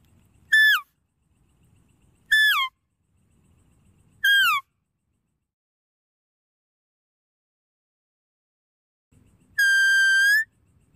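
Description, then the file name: Deer whistled calls: three short, falling whistles about two seconds apart, then a pause and one longer, steady whistle that rises slightly at the end. "Tieng con nai keu"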